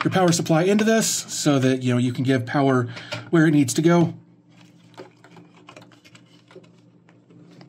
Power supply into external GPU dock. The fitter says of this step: Hopefully that is good enough. I didn't hear a click, but I tell you getting this apart a minute ago was a real pain.